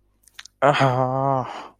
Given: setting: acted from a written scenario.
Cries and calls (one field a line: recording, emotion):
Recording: vocal sound without words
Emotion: anger